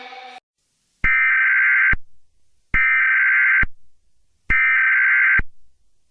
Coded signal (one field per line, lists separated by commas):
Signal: Emergency Alert System (SAME) tones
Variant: header bursts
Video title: EAS Scenario #3: Hot Planet